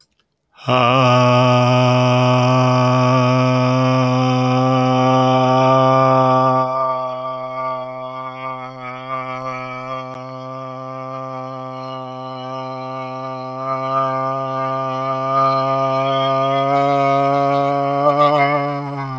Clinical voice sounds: vowel held as long as possible; male; 40 to 49 years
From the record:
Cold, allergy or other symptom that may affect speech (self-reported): no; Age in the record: 42 years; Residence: Alabama, United States

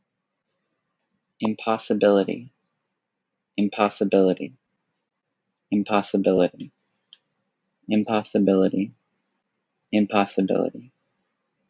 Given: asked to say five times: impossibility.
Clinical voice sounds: repeated word; male; 20 to 29 years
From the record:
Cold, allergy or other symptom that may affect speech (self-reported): no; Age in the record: 20 years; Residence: United States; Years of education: 15

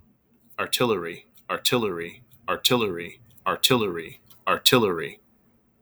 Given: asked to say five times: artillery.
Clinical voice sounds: repeated word; male; 40 to 49 years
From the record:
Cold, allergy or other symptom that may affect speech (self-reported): no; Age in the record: 46 years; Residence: North Carolina, United States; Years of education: 14

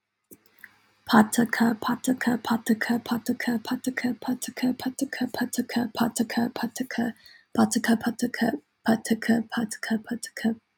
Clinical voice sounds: repeated syllables /pa ta ka/; female; 20 to 29 years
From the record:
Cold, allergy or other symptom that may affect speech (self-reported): no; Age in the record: 22 years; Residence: Georgia, United States

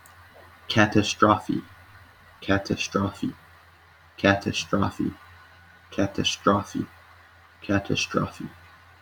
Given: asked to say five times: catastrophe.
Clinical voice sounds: repeated word; male; 30 to 39 years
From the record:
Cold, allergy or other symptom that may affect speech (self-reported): no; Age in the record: 36 years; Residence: Romania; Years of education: 16

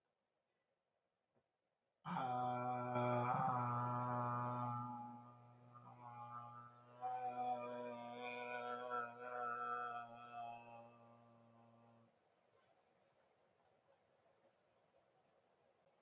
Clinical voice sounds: vowel held as long as possible; male; 40 to 49 years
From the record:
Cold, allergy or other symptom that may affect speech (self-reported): no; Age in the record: 42 years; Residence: Illinois, United States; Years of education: 13

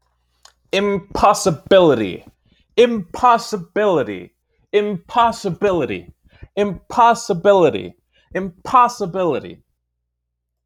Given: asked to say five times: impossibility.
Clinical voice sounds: repeated word; male; 30 to 39 years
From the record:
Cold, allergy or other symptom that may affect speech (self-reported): no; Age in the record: 35 years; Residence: Virginia, United States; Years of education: 16

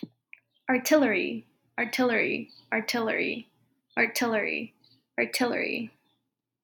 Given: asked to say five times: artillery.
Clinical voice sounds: repeated word; female; 20 to 29 years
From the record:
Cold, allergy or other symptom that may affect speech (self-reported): no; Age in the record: 25 years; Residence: California, United States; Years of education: 18

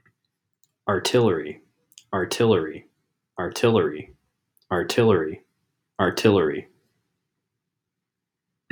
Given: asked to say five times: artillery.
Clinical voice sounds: repeated word; male; 20 to 29 years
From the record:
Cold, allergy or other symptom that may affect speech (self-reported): no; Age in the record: 27 years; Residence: Iowa, United States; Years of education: 16

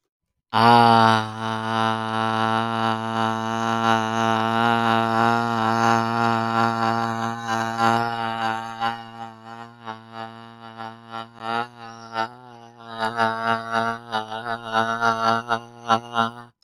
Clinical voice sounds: vowel held as long as possible; male; 20 to 29 years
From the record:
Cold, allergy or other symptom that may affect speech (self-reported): no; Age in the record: 20 years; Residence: Florida, United States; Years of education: 14

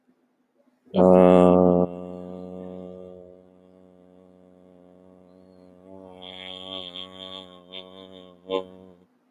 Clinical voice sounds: vowel held as long as possible; male; 30 to 39 years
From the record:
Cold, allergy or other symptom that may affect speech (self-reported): no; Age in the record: 33 years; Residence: Florida, United States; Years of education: 12

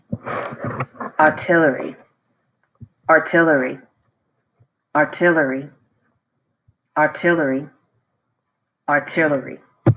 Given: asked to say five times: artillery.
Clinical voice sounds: repeated word; female; 40 to 49 years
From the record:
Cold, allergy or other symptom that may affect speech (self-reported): no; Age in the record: 43 years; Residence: Virginia, United States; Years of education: 14

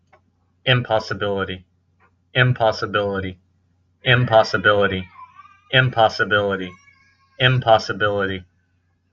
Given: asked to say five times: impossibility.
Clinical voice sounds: repeated word; male; 40 to 49 years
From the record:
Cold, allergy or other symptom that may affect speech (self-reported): no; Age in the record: 48 years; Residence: Missouri, United States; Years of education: 14

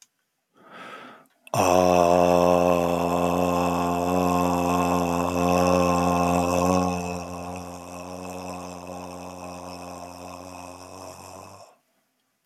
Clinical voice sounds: vowel held as long as possible; male; 40 to 49 years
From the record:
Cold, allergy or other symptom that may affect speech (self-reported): no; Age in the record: 49 years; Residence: California, United States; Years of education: 16

